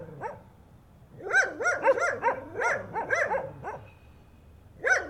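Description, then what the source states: Dog barks in an irregular burst, a short bark, a pause, then a rapid cluster of overlapping barks, another pause and one final bark. Two dogs barking at night, stereo.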